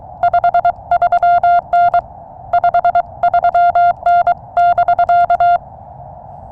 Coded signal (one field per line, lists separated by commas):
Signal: Morse code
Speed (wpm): 21 wpm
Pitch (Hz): 690 Hz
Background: none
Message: 53N 53N <BK>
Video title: My 10 RADIO Essentials for Summits on the Air